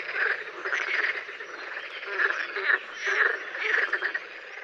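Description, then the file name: Green frogs in chorus, harsh croaks and quick rattles overlapping steadily throughout. "Grenouille verte"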